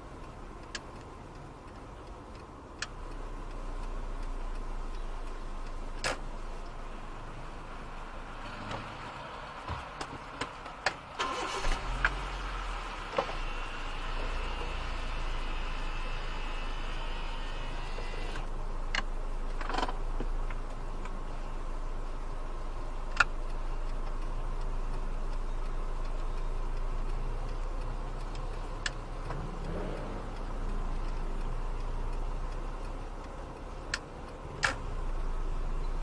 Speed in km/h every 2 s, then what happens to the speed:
9, 7, 0, 0, 0, 0, 0, 0, 0, 0, 0, 0, 3, 5, 7, 7, 7, 6.
0-4 slows to 0. 4-23 standing. 23-28 pulls away to 7. 28-36 steady at about 7.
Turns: none.